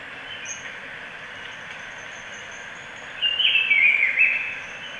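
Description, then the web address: Black-billed peppershrike song, a short rich warbled phrase arriving late above a constant broad hiss. Recorded in Ecuador. "Natures Songs S America Birds of Ecuador. Black-billed Peppershrike"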